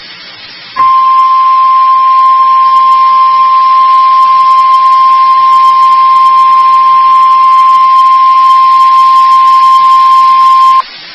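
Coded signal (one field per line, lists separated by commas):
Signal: Emergency Alert System (SAME) tones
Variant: 1050 Hz attention tone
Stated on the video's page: Real NOAA Weather Radio severe thunderstorm warning.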